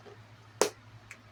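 The hinged lid of a plastic bead storage box is closed so its latch snaps shut, giving a sharp, bright snap at 0.6 s and a fainter click at 1.1 s over a quiet, low hum. The lid is latched and secure, and it won't open easily unless pulled up firmly.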